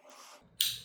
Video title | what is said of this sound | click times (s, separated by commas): Les Bonnes Affaires No18 : 6 couteaux qui valent le détour | T'as entendu le petit clac là? | 0.6 s